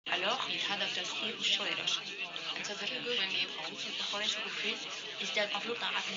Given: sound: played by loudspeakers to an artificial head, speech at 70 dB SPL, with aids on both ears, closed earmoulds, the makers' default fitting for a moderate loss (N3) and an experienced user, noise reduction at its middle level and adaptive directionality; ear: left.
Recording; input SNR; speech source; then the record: speech test signal (ISTS) in cocktail-party noise; +3 dB; in front (0 degrees)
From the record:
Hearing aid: class 1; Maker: G